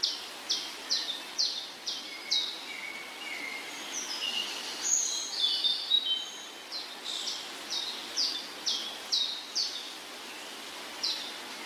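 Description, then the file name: Birdsong chorus: a repeated high chirped note about twice a second, with scattered whistles and other calls behind, over steady hiss. Morning bird trills and songs. "Sons d oiseaux - Trilles et chants du matin"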